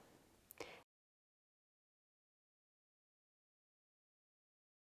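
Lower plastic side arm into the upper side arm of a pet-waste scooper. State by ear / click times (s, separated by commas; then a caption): seated / 0.5 s, 0.6 s. While a tall pet-waste scooper is assembled, the lower plastic side arm is pressed down, with the scoop used as a lever, into the upper side arm. Over low background noise, two sharp clicks sound at 0.5 s and 0.6 s as the arm snaps into place and seats, and then the audio goes silent.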